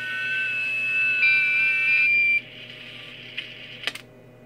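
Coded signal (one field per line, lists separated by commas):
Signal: FT8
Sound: several overlapping steady warbling tones that stop together, then faint hiss and clicks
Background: radio static, room noise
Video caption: contact 80 meters ft 8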